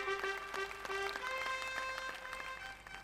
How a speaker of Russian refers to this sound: Так, аплодисменты, пожалуйста.